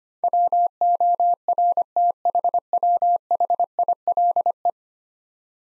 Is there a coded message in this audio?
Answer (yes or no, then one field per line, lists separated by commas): yes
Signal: Morse code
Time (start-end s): 0.2-4.7 s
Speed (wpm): 25 wpm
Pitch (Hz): 700 Hz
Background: none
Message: WORTHWHILE